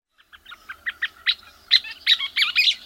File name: Scissor-tailed Flycatcher